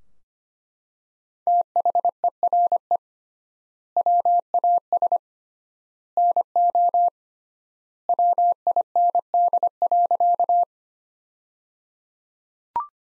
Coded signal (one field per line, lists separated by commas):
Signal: Morse code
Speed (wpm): 25 wpm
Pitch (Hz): 700 Hz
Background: none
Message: THERE WAS NO WIND.